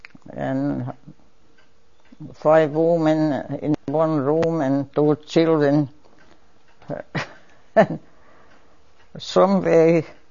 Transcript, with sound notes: and five woman in one room and two children (laughs) and some way